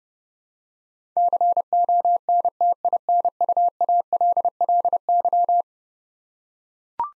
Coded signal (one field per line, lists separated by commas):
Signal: Morse code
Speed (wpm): 30 wpm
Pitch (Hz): 700 Hz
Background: none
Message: CONTINUALLY